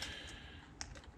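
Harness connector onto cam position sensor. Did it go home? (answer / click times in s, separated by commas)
yes / 0.8 s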